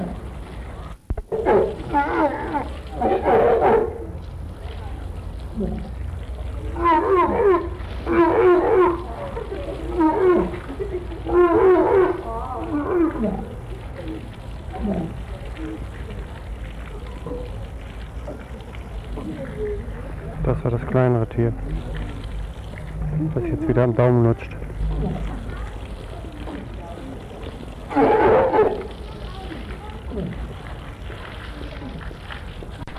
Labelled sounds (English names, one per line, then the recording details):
Walrus call
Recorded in captivity
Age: subadult
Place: Zoo Hannover, Niedersachsen, DE
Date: 1961-08-07 18:25
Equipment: Minifon, Kopie Smaragd
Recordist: Tembrock, Günter